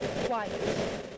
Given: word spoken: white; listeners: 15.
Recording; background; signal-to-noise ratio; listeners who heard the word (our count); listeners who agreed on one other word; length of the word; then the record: one English word in noise, from a listening test; noise modulated by three-talker babble; -4.6 dB; 2 of 15; 9 of 15; 0.78 s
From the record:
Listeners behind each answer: 9, 2, 2, 2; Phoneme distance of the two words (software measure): 7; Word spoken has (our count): 1 syllable, 3 phonemes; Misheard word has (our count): 1 syllable, 4 phonemes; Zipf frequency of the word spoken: 5.25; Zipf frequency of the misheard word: 5.92